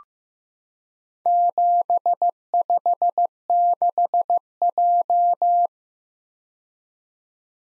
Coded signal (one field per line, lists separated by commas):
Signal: Morse code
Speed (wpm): 15 wpm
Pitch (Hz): 700 Hz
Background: none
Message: 756J